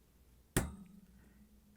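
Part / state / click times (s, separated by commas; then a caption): stud and roller assembly onto dishwasher lower dishrack wire / seated / 0.6 s. A new GE WD12X10231 plastic stud and roller assembly is placed groove-down on the wire of a dishwasher's lower dishrack and pushed in. A single sharp snap at 0.6 s shows it has seated onto the wire, followed by a faint ringing tail.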